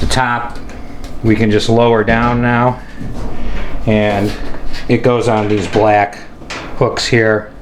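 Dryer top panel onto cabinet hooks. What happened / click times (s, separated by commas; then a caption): The panel is being handled and has not yet seated / none. Someone talks while lowering the sheet-metal top panel of a Whirlpool clothes dryer, being repaired for a no-heat fault, down toward the black plastic hooks on the cabinet, with soft handling sounds. Nothing has caught or seated yet.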